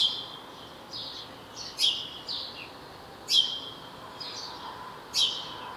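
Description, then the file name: House sparrow calls, loud chirps at intervals, with softer chirps between them. "Passer domesticus"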